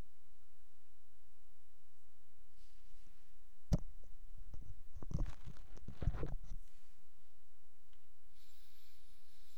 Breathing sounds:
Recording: nose breathing near a microphone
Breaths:
7.94-9.58 s: inhalation
From the record:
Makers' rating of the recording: medium

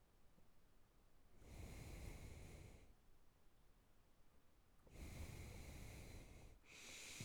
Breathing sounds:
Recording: nose breathing near a microphone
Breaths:
1.43-2.82 s: exhalation
4.80-6.63 s: exhalation
6.63-7.25 s: inhalation
From the record:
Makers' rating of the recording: good

